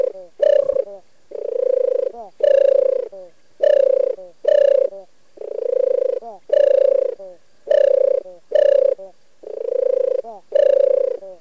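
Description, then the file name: European turtle dove purring song: deep, rolling pulsed phrases repeated in a steady rhythm, with short gaps between them. "TORTORA"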